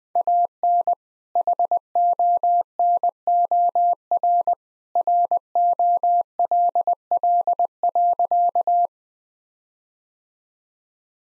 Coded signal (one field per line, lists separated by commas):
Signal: Morse code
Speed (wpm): 21 wpm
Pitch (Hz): 700 Hz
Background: none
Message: AN HONOR ROLL.